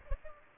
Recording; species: mosquito wingbeat signal from an infrared sensor; Culex pipiens